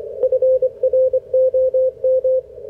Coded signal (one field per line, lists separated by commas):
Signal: Morse code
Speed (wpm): 26 wpm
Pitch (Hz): 530 Hz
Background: radio noise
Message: FROM